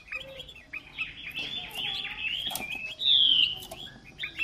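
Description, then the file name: Chinese hwamei giving mixed twittering and chattering notes, then one loud pure whistle falling slightly in pitch. Female bird singing. "Tieng chim hoa mi mai hot"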